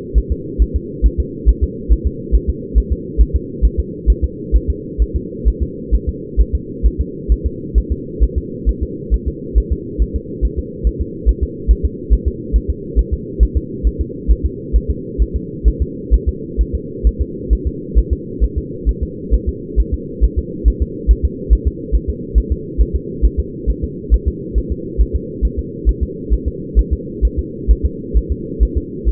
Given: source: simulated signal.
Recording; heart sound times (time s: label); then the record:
fetal heart sounds
0.18 s: S1
0.32 s: S2
0.62 s: S1
0.76 s: S2
1.06 s: S1
1.20 s: S2
1.49 s: S1
1.63 s: S2
1.92 s: S1
2.07 s: S2
2.35 s: S1
2.50 s: S2
2.78 s: S1
2.92 s: S2
3.21 s: S1
3.36 s: S2
3.65 s: S1
3.79 s: S2
4.10 s: S1
4.24 s: S2
4.56 s: S1
4.70 s: S2
5.02 s: S1
5.16 s: S2
5.48 s: S1
5.62 s: S2
5.94 s: S1
6.09 s: S2
6.41 s: S1
6.55 s: S2
6.86 s: S1
7.01 s: S2
7.32 s: S1
7.46 s: S2
7.78 s: S1
7.92 s: S2
8.23 s: S1
8.38 s: S2
8.69 s: S1
8.83 s: S2
9.14 s: S1
9.28 s: S2
9.58 s: S1
9.72 s: S2
10.02 s: S1
10.16 s: S2
10.45 s: S1
10.59 s: S2
10.87 s: S1
11.01 s: S2
11.29 s: S1
11.43 s: S2
11.71 s: S1
11.85 s: S2
12.13 s: S1
12.28 s: S2
12.56 s: S1
12.70 s: S2
12.99 s: S1
13.13 s: S2
13.43 s: S1
13.57 s: S2
13.87 s: S1
14.01 s: S2
14.31 s: S1
14.46 s: S2
14.76 s: S1
14.91 s: S2
15.22 s: S1
15.36 s: S2
15.68 s: S1
15.82 s: S2
16.14 s: S1
16.28 s: S2
16.61 s: S1
16.75 s: S2
17.07 s: S1
17.21 s: S2
17.53 s: S1
17.67 s: S2
17.98 s: S1
18.13 s: S2
18.44 s: S1
18.58 s: S2
18.89 s: S1
19.03 s: S2
19.34 s: S1
19.49 s: S2
19.80 s: S1
19.94 s: S2
20.24 s: S1
20.39 s: S2
20.68 s: S1
20.82 s: S2
21.11 s: S1
21.25 s: S2
21.53 s: S1
21.67 s: S2
21.95 s: S1
22.10 s: S2
22.38 s: S1
22.52 s: S2
22.81 s: S1
22.96 s: S2
23.25 s: S1
23.40 s: S2
23.70 s: S1
23.84 s: S2
24.14 s: S1
24.28 s: S2
24.58 s: S1
24.72 s: S2
25.01 s: S1
25.16 s: S2
25.45 s: S1
25.59 s: S2
25.89 s: S1
26.03 s: S2
26.33 s: S1
26.48 s: S2
26.79 s: S1
26.93 s: S2
27.25 s: S1
27.39 s: S2
27.71 s: S1
27.85 s: S2
28.17 s: S1
28.32 s: S2
28.63 s: S1
28.77 s: S2
29.08 s: S1
From the record:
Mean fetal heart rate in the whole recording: 135 bpm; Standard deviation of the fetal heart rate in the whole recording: 3 bpm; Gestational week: 34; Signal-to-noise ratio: -4.1 dB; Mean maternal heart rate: no maternal heart sound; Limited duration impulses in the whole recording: absent